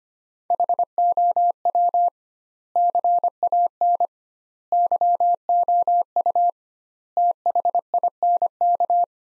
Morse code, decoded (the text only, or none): HOW CAN YOU THINK